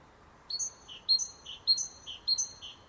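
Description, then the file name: Great tit giving a clear see-saw song: several two-note phrases, high then low, about half a second apart, against near silence. "Parus major"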